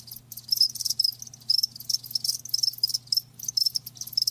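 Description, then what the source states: Cricket chirps, high and pulsing, arrive in quick clusters over a faint low drone. Live crickets chirping, a lulling song.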